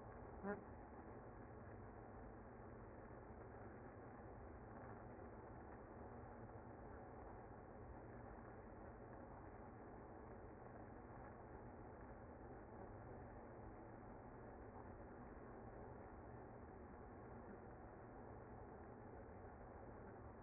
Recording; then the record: honeybee colony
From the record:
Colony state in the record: active